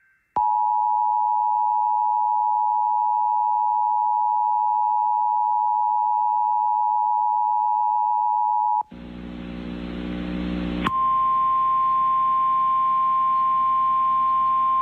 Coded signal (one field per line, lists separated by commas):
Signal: Emergency Alert System (SAME) tones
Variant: 853 and 960 Hz attention tone